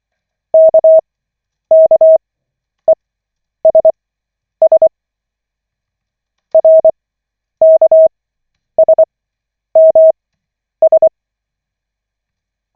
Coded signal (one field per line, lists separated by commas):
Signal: Morse code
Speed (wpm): 24 wpm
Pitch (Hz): 640 Hz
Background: none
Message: KKESS RKSMS